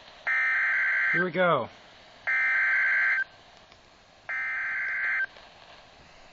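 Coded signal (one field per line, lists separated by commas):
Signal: Emergency Alert System (SAME) tones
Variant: header bursts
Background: speech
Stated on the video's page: Severe Thunderstorm Warning received from a nearby NOAA Weather Radio station.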